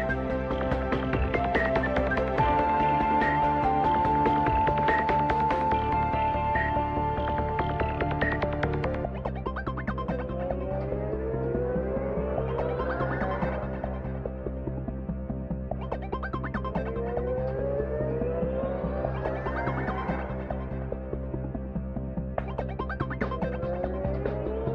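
A soundtrack piece with a dense, steady low drone underneath. For the first nine seconds a single high note is held, then the texture shifts and rising, swooping swells recur every several seconds. The loudness stays fairly even throughout.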